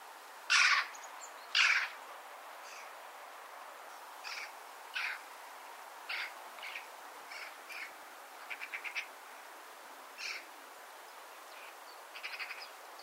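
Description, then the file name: Eurasian magpie making rasping, scratchy calls: two loud bursts at first, then a run of quieter irregular chacks and short chattering rattles. "Pica pica"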